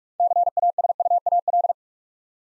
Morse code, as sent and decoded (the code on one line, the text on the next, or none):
-.-. .- ... ..- .- .-..
CASUAL